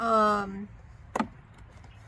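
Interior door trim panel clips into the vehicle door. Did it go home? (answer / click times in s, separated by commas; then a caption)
partly / 1.2 s. Someone talks briefly, then an interior plastic door trim panel on a 2006 Trailblazer is pressed against the door frame, and one sharp knock is heard at 1.2 s. The panel is not seated properly, so its clips have not fully snapped into the vehicle door.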